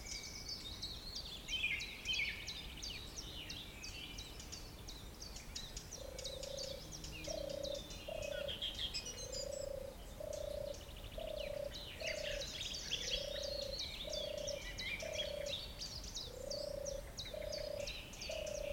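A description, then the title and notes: Birds chirp and trill almost without pause, a dense, bright tangle of calls from several singers at once. About six seconds in, a low, steady hooting begins and repeats roughly twice a second to the end, over a soft airy hiss of wind. The gentle sound of birds and wind in the trees creates a peaceful atmosphere.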